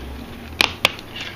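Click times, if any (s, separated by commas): 0.6 s, 0.8 s, 1.0 s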